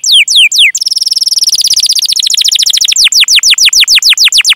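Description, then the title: Canary song beginning with a few falling notes, shifting to a fast, even trill, then slower repeated descending whistles. Canary singing actively and persistently, described as having the best phrasing and the most lavish, varied song content. "Kenari Gacor Cengkok Terbaik Isian Paling Mewah"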